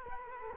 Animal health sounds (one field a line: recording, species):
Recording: mosquito wingbeat signal from an infrared sensor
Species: Culex quinquefasciatus